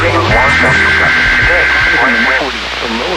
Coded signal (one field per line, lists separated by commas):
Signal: Emergency Alert System (SAME) tones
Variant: header bursts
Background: speech